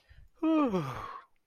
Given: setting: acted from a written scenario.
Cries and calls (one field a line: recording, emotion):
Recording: vocal sound without words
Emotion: ecstasy